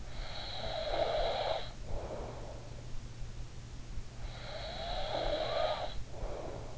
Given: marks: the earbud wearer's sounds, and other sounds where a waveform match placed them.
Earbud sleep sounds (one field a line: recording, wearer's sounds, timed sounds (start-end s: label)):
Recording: sounds in sleep by an in-ear microphone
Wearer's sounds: snoring breath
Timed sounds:
0.10-2.90 s: snoring breath
4.27-6.78 s: snoring breath